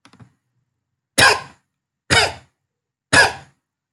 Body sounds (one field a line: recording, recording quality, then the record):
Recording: shallow voluntary cough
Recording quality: excellent, no background noise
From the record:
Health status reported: respiratory illness, not identified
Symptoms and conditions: cough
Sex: male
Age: 32 years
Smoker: yes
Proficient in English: yes